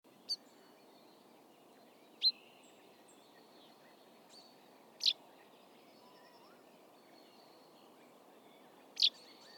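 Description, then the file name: Common chaffinch calls: four sharp, short, high chips spaced irregularly over about nine seconds, over a steady low background hiss. "Fringilla coelebs"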